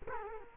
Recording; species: mosquito wingbeat signal from an infrared sensor; Culex quinquefasciatus